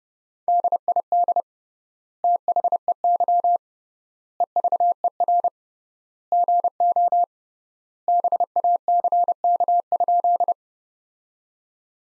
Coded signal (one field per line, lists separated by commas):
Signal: Morse code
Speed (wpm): 31 wpm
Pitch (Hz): 700 Hz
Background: none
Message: DID THEY EVER GO BACK?